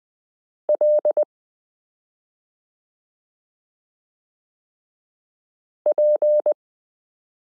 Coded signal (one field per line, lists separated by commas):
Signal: Morse code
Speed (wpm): 20 wpm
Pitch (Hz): 600 Hz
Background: none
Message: LP